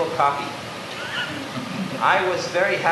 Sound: laughter

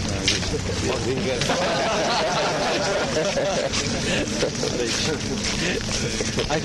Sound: says something in joking disgust, devotees laugh loudly

